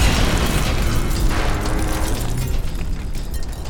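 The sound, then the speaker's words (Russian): A loud explosion that blows out the walls of an office and a laboratory roars with deep, rumbling bass and a wash of crackling noise that stays dense and steady for several seconds before easing slightly. No voices. “в этот момент их всех оглушило взрывом.”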